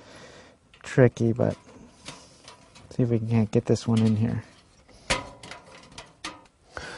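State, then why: Seated. A thin metal I/O shield is pushed into the rear opening of a PC case while someone talks about it being tricky. After some light scraping, it snaps into place with sharp clicks at 5.1 s and 6.2 s, and the shield is seated in the case.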